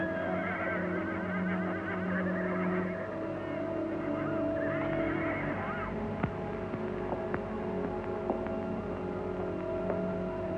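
Horses neighing in two long, wavering whinnies over a steady low hum, followed by scattered faint clicks and knocks.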